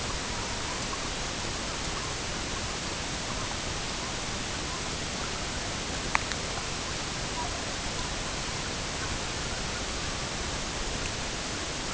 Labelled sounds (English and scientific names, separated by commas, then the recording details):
Red-throated Loon (Gavia stellata), unidentified sound
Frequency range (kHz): Red-throated Loon (Gavia stellata) 0.6-1.6 kHz
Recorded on Arctic tundra, site EABA-MC, on 22 June 2019
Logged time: 08:00